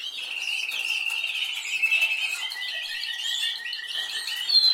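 Canary song: a long, fast rolling trill held at a steady high pitch, shifting into varied twittering phrases and ending with a brief sharp whistle.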